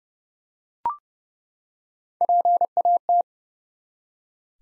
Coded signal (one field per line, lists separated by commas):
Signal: Morse code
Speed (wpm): 30 wpm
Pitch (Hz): 700 Hz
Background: none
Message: PAT